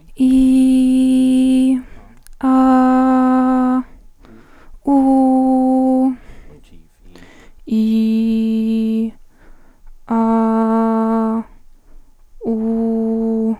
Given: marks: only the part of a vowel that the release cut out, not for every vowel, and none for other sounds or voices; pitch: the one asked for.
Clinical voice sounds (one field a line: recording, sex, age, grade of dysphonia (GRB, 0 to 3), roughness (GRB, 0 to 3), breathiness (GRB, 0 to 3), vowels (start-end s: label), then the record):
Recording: sustained vowels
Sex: female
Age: 18 to 19 years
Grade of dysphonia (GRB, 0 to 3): 0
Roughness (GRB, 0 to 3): 0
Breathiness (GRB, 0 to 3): 0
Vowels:
0.40-1.69 s: vowel /i/, high pitch
2.79-3.74 s: vowel /a/, high pitch
5.04-6.00 s: vowel /u/, high pitch
7.82-8.94 s: vowel /i/, low pitch
10.18-11.32 s: vowel /a/, low pitch
12.56-13.42 s: vowel /u/, low pitch
From the record:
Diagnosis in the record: healthy voice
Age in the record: 18 years